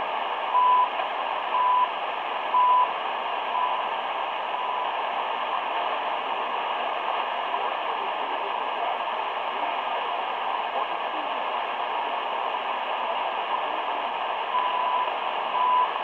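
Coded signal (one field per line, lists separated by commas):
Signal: radio time signal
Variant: CHU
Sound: three then two short 1 kHz ticks a second apart through heavy shortwave static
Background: radio static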